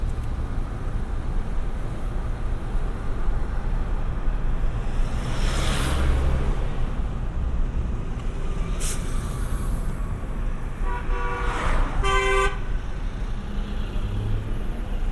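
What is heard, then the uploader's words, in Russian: A street with passing traffic under a steady low rumble that holds for the whole stretch. A vehicle swells past around six seconds, and near eleven to twelve seconds a car horn toots in short stacked bursts, with a sharp click just before nine seconds. 3D прогулка по Сочи.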